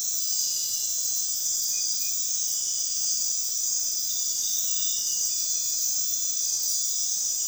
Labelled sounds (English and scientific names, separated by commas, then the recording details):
none
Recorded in dense forest near Puerto Asís, Putumayo, Colombia, on 21 February 2024 at 03:00
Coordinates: 0.499, -76.324
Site G6469